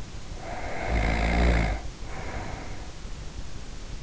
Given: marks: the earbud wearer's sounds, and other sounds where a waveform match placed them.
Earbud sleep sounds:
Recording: sounds in sleep by an in-ear microphone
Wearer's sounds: snoring breath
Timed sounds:
0.22-3.21 s: snoring breath

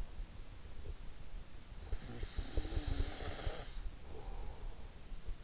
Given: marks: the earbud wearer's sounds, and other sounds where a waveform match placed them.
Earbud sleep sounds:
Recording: sounds in sleep by an in-ear microphone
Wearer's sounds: snoring breath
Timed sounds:
2.04-4.94 s: snoring breath

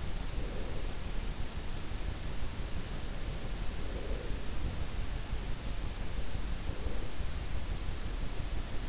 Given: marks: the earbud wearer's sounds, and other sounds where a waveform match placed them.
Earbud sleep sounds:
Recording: sounds in sleep by an in-ear microphone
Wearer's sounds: breath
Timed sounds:
0.00-1.30 s: breath
3.39-5.00 s: breath
6.43-7.41 s: breath

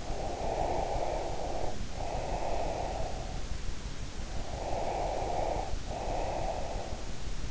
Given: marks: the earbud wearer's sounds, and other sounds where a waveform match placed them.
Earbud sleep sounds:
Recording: sounds in sleep by an in-ear microphone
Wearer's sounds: breath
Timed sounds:
0.00-3.63 s: breath
4.31-6.98 s: breath

